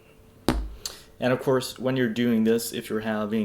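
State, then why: Seated. A base plate is slid onto an airsoft gas magazine body for a WE/TM Glock series gas blowback pistol, started on top of the retention tab to finish reassembly. A sharp click at 0.5 s marks the plate seating, followed by a fainter tap at 0.9 s. Then someone talks.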